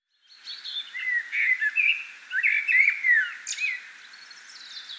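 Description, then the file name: Common blackbird singing a warbled phrase of falling and rising notes, closed by a brief high squeaky flourish and thin fainter notes. "Turdus merula"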